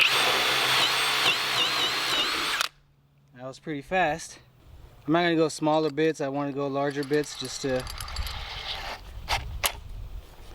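A drill runs at high speed until about 2.6 s, when it stops abruptly; someone talks while handling a drill bit in the drill chuck, switching to a larger bit. Light mechanical handling noises follow, with sharp transients near 8.2 s and 9.7 s, but the bit has not yet locked into the chuck and nothing has seated or clicked yet.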